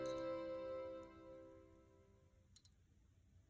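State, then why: Seated. A clasp end is worked back and forth on a leather bracelet cord until it seats. A sustained, piano-like tone fades out over the first 2.5 seconds, then a sharp, faint click at 2.6 s marks the clasp clicking into place on the cord. A smaller tick follows just after, and the clasp is confirmed seated.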